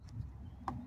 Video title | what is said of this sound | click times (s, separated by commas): 3 Ways I Mount My VRX | There we go. Just clicked. | 0.7 s